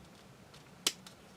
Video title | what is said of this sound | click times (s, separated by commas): Death Stinger part 2 | we go snapped right in | 0.9 s